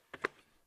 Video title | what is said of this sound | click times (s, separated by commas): Best RC Basher/Monster Truck Ramp - HRC CrawlerTrax Vector XL Build Video | you see it's not all the way in yet | 0.1 s, 0.2 s